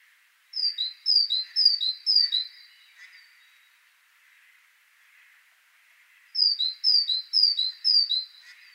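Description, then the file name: Great tit song in two bursts of four repeated two-note phrases, high note then lower, separated by a pause of a few seconds with soft background hiss. "Parus major"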